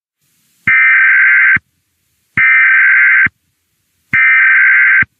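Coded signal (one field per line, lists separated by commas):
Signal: Emergency Alert System (SAME) tones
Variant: header bursts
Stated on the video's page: Fictional EAS scenario, not a real broadcast alert.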